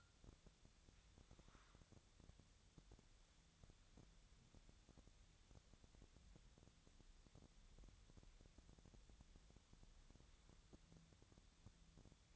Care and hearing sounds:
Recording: daily activity, microphone in the room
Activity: wipe stove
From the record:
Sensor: 3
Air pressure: 1007.0 hPa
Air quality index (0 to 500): 204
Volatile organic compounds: 18 ppm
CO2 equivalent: 2616 ppm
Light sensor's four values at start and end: 11/27/11/11 and 11/27/11/11

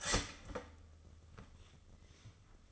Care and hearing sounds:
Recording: daily activity, microphone in the room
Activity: start toaster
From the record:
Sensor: 4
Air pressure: 996.0 hPa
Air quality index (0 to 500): 68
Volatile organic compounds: 2 ppm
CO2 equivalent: 1228 ppm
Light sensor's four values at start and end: 10/21/9/9 and 10/21/9/9

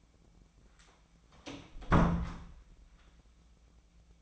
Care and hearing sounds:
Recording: daily activity, microphone in the room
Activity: close door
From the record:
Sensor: 1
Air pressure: 1009.3 hPa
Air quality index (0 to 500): 185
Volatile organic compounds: 4 ppm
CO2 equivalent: 1558 ppm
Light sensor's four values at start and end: 49/123/53/60 and 51/126/55/62

